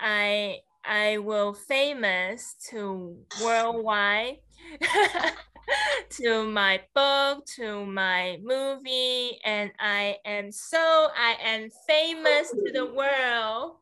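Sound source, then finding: Adult woman speaking. Aphasia.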